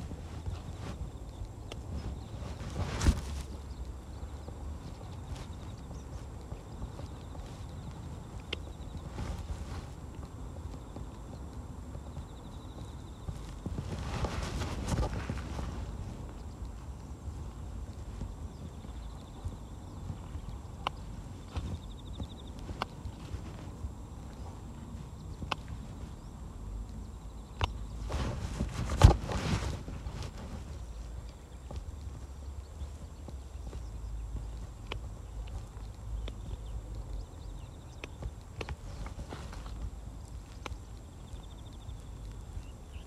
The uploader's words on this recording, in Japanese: ガサガサ音あり 人参除草／夕暮れ。片手にハサミを持ちながら、草を抜きつつ、大きいものはチョンチョン切っていきます。蚊が集まってきて、服の上からでも強烈に刺してきます。秋虫も大合唱。